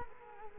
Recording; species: mosquito wingbeat signal from an infrared sensor; Culex quinquefasciatus